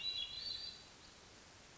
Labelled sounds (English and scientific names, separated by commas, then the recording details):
Hermit Thrush (Catharus guttatus)
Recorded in Sonoma County, California